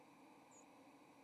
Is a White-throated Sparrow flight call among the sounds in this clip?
yes